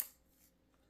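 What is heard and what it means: A plastic brush head is pushed onto the drive of an electric spin scrubber with the lock button pressed, then rotated clockwise. A sharp, short click at 0.0 s decays within about a tenth of a second, leaving only a faint low hum. The brush head clicks into place and is seated.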